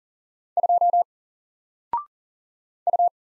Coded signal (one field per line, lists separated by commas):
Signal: Morse code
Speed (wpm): 40 wpm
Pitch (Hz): 700 Hz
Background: none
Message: 2 U